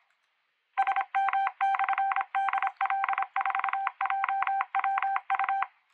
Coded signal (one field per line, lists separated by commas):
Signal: Morse code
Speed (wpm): 26 wpm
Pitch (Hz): 780 Hz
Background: none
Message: SM/DL4JWU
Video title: Preparing for CQ WW CW 2024 - Day 1 (15th October 2024) #CWmotivation